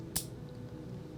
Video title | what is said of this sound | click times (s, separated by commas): Learning How to De-Access your Elastomeric Infusion Pump - Roswell Park Patient Education | on The Pump tubing and you should hear that click and lock in place | 0.2 s